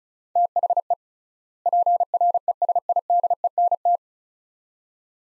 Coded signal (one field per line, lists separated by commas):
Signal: Morse code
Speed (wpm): 36 wpm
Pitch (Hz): 700 Hz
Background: none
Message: THE PRESIDENT